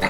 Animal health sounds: pig call; piglet (1 to 25 days)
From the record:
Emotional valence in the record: positive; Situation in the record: reunion after long isolation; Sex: male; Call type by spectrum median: low-frequency call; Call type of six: low-frequency tonal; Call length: 0.10 s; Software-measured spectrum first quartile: 516 Hz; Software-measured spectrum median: 1255 Hz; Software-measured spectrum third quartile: 2259 Hz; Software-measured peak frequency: 2066 Hz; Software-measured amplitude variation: 140 dB a second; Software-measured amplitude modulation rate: 4.8 a second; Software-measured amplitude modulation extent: 29.0 dB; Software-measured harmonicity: -1.5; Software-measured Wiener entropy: -0.99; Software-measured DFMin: 348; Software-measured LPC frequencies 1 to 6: 748, 2010, 3925, 4501, 6045, 6903 Hz

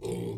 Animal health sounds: pig call; weaner (32 to 43 days)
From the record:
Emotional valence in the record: negative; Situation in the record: long isolation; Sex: female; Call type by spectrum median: low-frequency call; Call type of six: low-frequency stable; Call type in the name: low-frequency stable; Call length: 0.37 s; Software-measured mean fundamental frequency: 58 Hz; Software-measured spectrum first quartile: 191 Hz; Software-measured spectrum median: 373 Hz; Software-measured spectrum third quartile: 669 Hz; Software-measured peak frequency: 391 Hz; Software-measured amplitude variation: 125 dB a second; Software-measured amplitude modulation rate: 24.2 a second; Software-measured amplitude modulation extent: 5.1 dB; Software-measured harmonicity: 1.6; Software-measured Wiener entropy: -0.59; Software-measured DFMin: 959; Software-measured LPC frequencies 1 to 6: 385, 2267, 3237, 4713, 5378, 7326 Hz

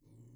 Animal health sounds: pig call; weaner (32 to 43 days)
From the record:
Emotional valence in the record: negative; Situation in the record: restrain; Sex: male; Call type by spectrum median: low-frequency call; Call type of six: low-frequency stable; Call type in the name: low-frequency stable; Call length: 0.36 s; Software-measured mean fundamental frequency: 55 Hz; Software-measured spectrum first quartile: 116 Hz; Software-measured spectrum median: 194 Hz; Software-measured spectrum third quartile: 559 Hz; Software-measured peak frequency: 127 Hz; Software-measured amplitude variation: 112 dB a second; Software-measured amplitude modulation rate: 22.5 a second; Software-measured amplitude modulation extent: 5.0 dB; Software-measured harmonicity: 16.3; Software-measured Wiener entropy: 0.06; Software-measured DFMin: 913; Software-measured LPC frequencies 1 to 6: 231, 2122, 3003, 4222, 5297, 6302 Hz

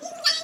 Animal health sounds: pig call; piglet (1 to 25 days)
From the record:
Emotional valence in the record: negative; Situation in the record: fighting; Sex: male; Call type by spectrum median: high-frequency call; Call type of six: high-frequency stable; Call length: 0.44 s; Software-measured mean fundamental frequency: 235 Hz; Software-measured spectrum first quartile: 2002 Hz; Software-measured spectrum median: 4077 Hz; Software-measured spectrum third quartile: 4833 Hz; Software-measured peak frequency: 4412 Hz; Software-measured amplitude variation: 185 dB a second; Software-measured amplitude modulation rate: 20.7 a second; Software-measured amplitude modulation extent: 8.9 dB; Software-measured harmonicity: 7.0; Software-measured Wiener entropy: -2.82

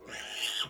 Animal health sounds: pig call; piglet (1 to 25 days)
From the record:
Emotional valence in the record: negative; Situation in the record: restrain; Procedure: sham castration, cut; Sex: male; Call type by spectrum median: high-frequency call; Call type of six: high-frequency modulated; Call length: 0.70 s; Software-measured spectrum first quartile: 2542 Hz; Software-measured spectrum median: 3137 Hz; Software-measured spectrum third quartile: 4303 Hz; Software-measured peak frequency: 2966 Hz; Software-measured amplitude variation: 127 dB a second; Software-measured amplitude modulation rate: 21.4 a second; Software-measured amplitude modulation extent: 5.9 dB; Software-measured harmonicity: 3.0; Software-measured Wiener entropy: -1.91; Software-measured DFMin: 1320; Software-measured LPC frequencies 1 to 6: 913, 1676, 2881, 3323, 4780, 5581 Hz

